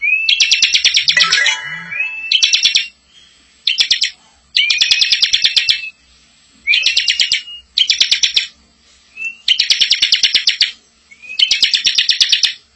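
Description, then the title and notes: Bar-winged prinia song: a string of short, harsh rattling bursts, some preceded by a brief upslurred whistle, with short pauses between them. Bar-winged prinia singing in the 'ngebren' style, used as a tutor recording for training white-rumped shamas. "Ciblek Ngebren Untuk Masteran Murai Batu. Suara burung ciblek"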